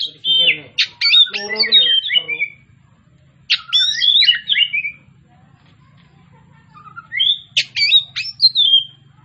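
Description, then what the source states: Oriental magpie-robin singing three bursts of loud whistles, buzzy rattles and sweeping notes separated by quiet gaps, over a steady low hum. Kacer Tretes, described as gacor (singing vigorously).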